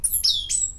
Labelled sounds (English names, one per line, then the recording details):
Stitchbird song
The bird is a male
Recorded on Tiritiri Matangi Island, New Zealand, in 2005
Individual 22, of nest box 31